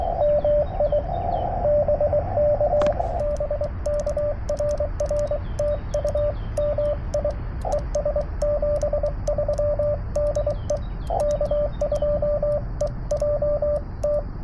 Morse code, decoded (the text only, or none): MI BK BK RR TU MI ES 73 DE K2EJT